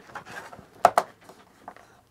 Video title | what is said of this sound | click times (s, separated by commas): Airhead Toilet Install (Ep. 74) | so this piece here should apparently just snap into place | 0.8 s, 1.0 s